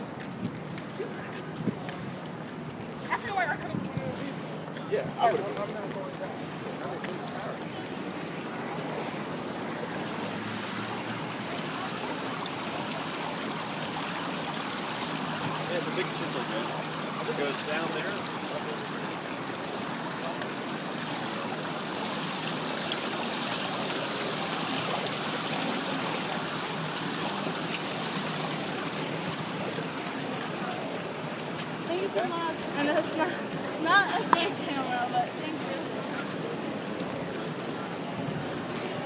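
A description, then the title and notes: A walk along an elevated city park, with a steady, dense wash of city noise filling the background throughout. Voices of people come and go, with a few sharper knocks and clatters around five seconds and again near thirty-four seconds. The sound of a walk on The High Line in New York City at High Line Park by David Noël.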